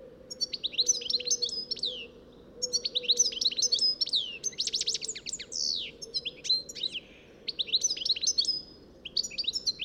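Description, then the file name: European goldfinch song, a lively tinkling twitter of rapid high chirps and trills in bursts, with short pauses between phrases. "Carduelis carduelis"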